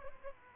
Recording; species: mosquito wingbeat signal from an infrared sensor; Aedes albopictus